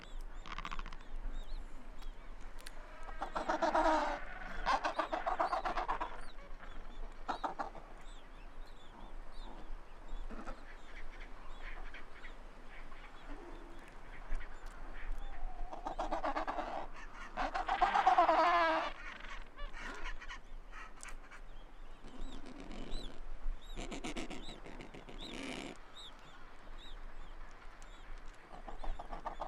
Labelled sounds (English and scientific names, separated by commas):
Adelie Penguin (Pygoscelis adeliae) call